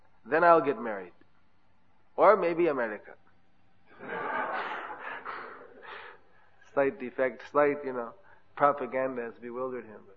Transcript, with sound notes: then I will get married, or maybe America. (Laughter) Slight defect, slight you know, propaganda has bewildered him.